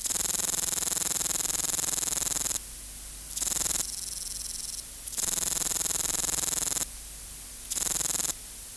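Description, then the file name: Meadow katydid song: loud, rapid high buzzing in repeated bursts of varying length, alternating with quieter pauses. "Conocephalus kisi"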